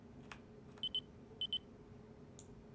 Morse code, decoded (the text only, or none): none